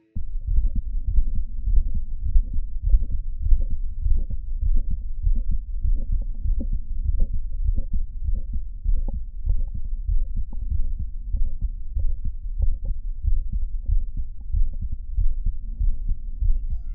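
Low heart sounds repeat at about 100 a minute, with short sharp extra clicks and a faint higher, tonal sound in each cycle: systolic clicks with a musical murmur of mitral valve prolapse, heard right of the sternum in the second intercostal space, the aortic point, in an adult. Such clicks may be heard along the right sternal border, especially with funnel chest, which often accompanies mitral valve prolapse.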